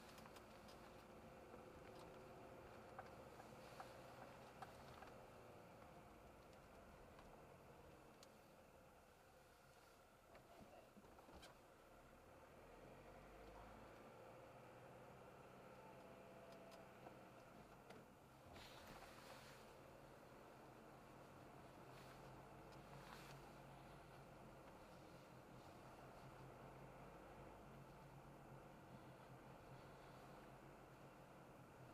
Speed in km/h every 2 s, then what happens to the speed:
25, 28, 23, 20, 14, 16, 26, 29, 29, 27, 34, 36, 35, 37, 35, 34.
3-9 slows to 14. 9-13 speeds up to 29. 13-18 steady at about 29. 18-21 speeds up to 36. 21-32 steady at about 35.